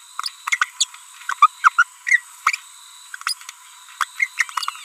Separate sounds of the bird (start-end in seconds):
0.19-0.29, 0.80-0.84, 1.29-1.33, 1.42-1.47, 1.64-1.69, 1.78-1.83, 2.07-2.19, 2.46-2.56, 3.27-3.33, 4.01-4.04, 4.18-4.26, 4.38-4.43